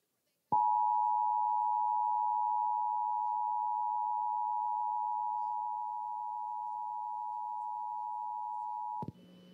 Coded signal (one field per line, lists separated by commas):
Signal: Emergency Alert System (SAME) tones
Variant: 853 and 960 Hz attention tone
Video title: Pennsylvania EAS Required Monthly Tests (2/21/19) (EAS #11-14)